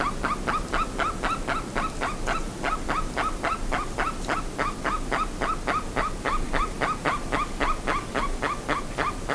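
Bird calls, fast, fairly even series of honking notes, about three or four a second, continuing throughout over a low hiss.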